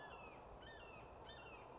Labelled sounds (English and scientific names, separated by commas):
Red-shouldered Hawk (Buteo lineatus)